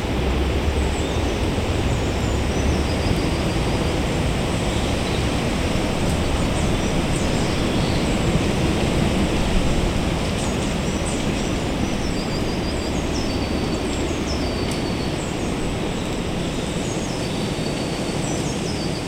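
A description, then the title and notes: Wind moves steadily through woodland trees, a dense, unbroken rush heaviest in the low end with no real gusts or pauses. Small birds chirp and twitter high above throughout, faint, with brief clicks here and there. Listening to the wind in Limbrick Woods, opposite Jardine Crescent. Limbrick Woods is one of several woodlands that still exist amongst the housing estates in Tile Hill. The birds and the wind above you, to your side, in front and behind. The recordings were captured using a binaural microphone between January and April 2022.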